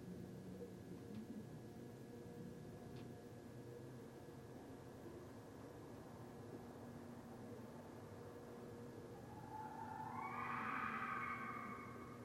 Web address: Red Fox 2011 12 17 Red Fox. night-sounds-pt-7-red-foxes